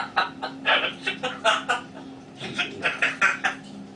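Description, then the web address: Grey parrot chattering in rapid repeated clucking syllables, many in quick succession with a brief pause midway, over a low background hum. A single parrot named Grig, talking. "a vot eto razgovarivaet odna pernataya skotina po imeni grig. parrots psittacus-erithacus"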